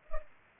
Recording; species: mosquito wingbeat signal from an infrared sensor; Culex pipiens